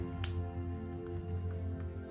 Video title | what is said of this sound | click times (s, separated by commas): Unboxing and Live Posing Hot Toys Tech from The Bad Batch | Satisfying snap. | 0.2 s